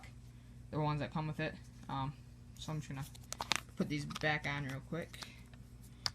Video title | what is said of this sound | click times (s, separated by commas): Custom g&p m4 sopmod and kjw sig p226 | Yeah, as you can see, they snap in really easily. | 6.1 s